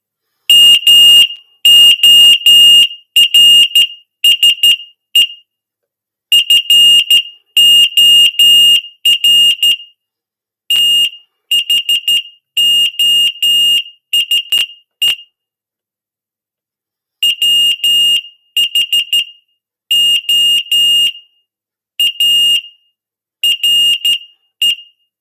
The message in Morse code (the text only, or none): MORSE FOR THOSE WHO ARE